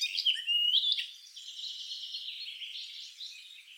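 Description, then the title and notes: Icterine warbler song opening with clear whistled notes, then a fast jumble of scratchy, high-pitched chatter continuing steadily. "Icterine warbler. Зелёная пересмешка by deepsweet"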